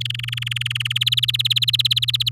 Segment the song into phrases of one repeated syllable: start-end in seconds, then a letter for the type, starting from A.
0.00-0.93 A, 0.95-2.29 B